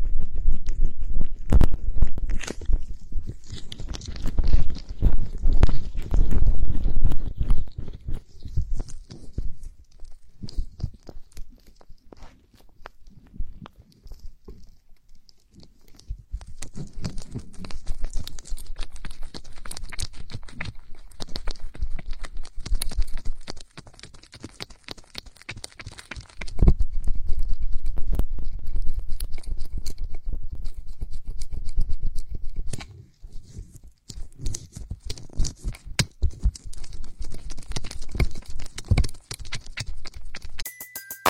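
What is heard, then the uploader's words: Ear oil massaged into the ears makes dense crackling, squelching rubs in bursts, loudest early and again around 27–32 seconds, with quieter pauses. Ear oil massages the ears.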